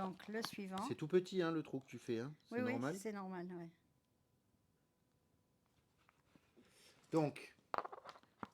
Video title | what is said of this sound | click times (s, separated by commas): Coudre un cabas à volant ✂️ avec la Baby Lock Acclaim & Primo | appuie au maximum. Voilà, clac. Normalement, on entend un clac et c'est bon. | 8.4 s